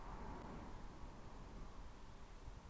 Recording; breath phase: one breath near a microphone; inhalation